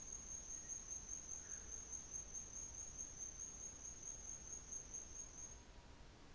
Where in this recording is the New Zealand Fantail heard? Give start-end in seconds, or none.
0.00-5.86